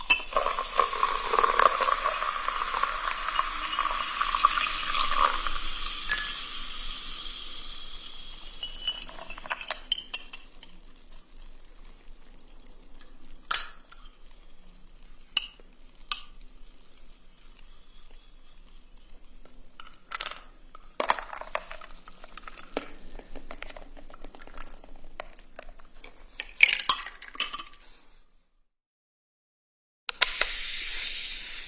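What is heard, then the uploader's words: Sparkling soda water fizzes in a dense, bright hiss for the first ten seconds, then gradually thins out. After that, scattered small pops and clicks crackle irregularly over a quiet bed, with a brief louder burst near 27 seconds and a short silence before 30. The freshness of sparkling soda water.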